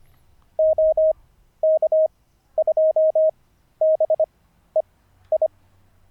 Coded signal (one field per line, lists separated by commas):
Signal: Morse code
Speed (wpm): 25 wpm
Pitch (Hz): 630 Hz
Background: none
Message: OK2BEI